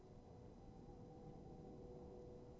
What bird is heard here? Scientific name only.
Strix aluco